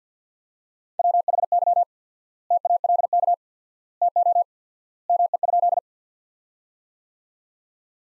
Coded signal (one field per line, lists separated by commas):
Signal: Morse code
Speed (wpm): 50 wpm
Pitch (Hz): 700 Hz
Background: none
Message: WHY TALK TO ME?